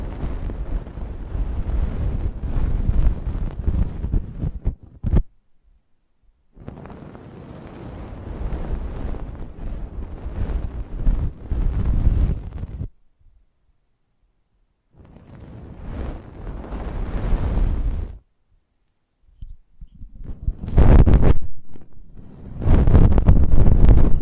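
Microphone handled at close range: bursts of low, rumbling buffeting like wind on the capsule, separated by dead-silent gaps. Three long rough stretches run roughly 0–5, 6.5–13 and 15–18 seconds, then sharper, louder thumps and rubs crowd the last few seconds.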